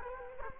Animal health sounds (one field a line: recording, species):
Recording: mosquito wingbeat signal from an infrared sensor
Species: Culex quinquefasciatus